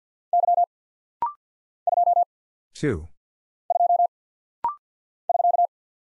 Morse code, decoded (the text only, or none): Y 2 2 <SK>